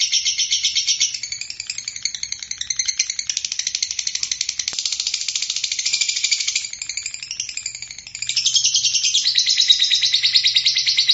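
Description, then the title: Bird song, loud quick chirps and trills changing into a buzzier middle section, then returning to fast high twittering. Masteran training recording used for tutoring other birds. "LuckyBurung MasteranBest"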